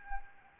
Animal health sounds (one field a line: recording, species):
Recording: mosquito wingbeat signal from an infrared sensor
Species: Aedes albopictus